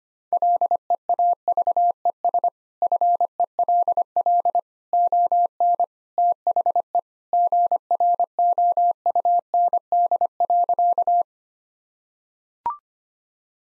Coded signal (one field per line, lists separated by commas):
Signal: Morse code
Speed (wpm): 25 wpm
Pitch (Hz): 700 Hz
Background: none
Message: LEAVES FELL ON THE GROUND.